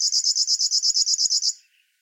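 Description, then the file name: River warbler song, a short burst of rhythmic high buzzy pulses lasting about one and a half seconds before fading out. "Schlagschwirl - Locustella fluviatilis"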